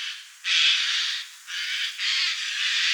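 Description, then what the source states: Eurasian jay giving harsh, rasping screeches, several broad noisy calls in quick succession. Recorded in Slovenia.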